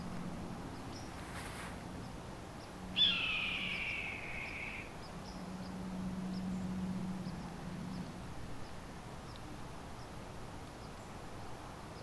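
Red-tailed hawk: a single raspy scream that slurs downward and lasts about two seconds, over steady low background hum.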